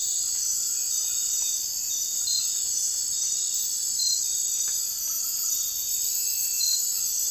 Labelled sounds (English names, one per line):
none